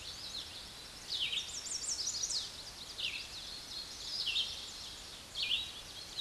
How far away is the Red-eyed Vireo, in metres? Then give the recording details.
about 15 m. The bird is about 10 m above the microphone. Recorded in a Pennsylvania forest on 16 May 2024 at 06:27. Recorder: AudioMoth, point MSD-2258. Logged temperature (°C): 15.2 °C. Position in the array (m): 156 m, 69 m